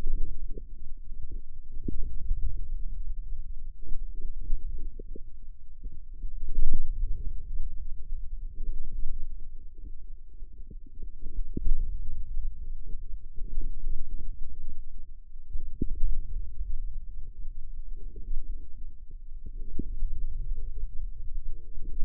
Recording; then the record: forearm muscle sounds (acoustic myography)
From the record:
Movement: wrist flexion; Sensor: system 2, bracelet of six BSWA MPA416 microphones around the upper forearm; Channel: 5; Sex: male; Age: 22 years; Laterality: right